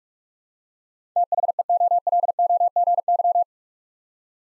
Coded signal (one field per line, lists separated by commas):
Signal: Morse code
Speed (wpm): 41 wpm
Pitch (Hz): 700 Hz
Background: none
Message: THEOLOGY